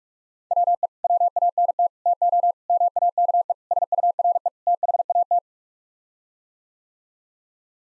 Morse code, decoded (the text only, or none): WE WANT TO MAKE SURE THAT